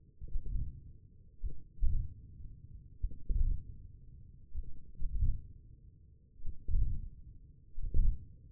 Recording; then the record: forearm muscle sounds (acoustic myography)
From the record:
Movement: hand opening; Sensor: system 1, eight BSWA MPA416 microphones around the upper forearm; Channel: 1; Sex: male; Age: 28 years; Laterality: right